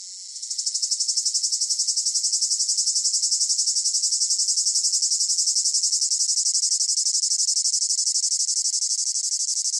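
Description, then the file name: Cicada song, a piercing high whine pulsing rapidly and steadily, swelling in after a soft start and holding without a break to the end. Recorded close up; rhythmic chirping in long phrases with a piercing whine. "gain walkers CICADA Close Up Rhythmic Chirping Long Phrases Piercing Whine"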